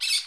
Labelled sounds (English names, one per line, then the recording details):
Brown-throated Parakeet contact call
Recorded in Curacao
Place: Hoffi Jan Thiel
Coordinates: 12.094, -68.877